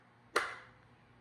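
A countertop food vacuum sealer's plastic lid is pressed shut using its two side latch buttons. A single sharp snap at 0.4 s rings briefly and fades quickly against a low, steady background. The lid latches closed.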